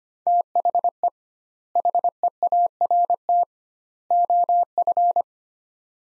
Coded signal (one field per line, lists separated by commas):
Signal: Morse code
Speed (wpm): 25 wpm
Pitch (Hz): 700 Hz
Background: none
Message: THE HEART OF